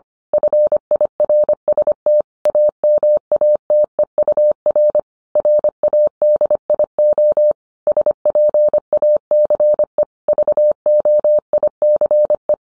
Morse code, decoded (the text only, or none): FIRST AMATEUR RADIO SPACE VOICE